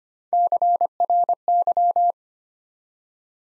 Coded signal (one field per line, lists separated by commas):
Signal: Morse code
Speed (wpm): 26 wpm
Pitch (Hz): 700 Hz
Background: none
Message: CRY